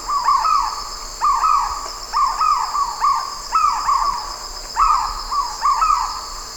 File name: white rumped kingfisher